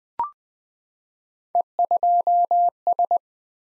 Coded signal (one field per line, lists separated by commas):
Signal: Morse code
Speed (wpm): 20 wpm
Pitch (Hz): 700 Hz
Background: none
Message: E2S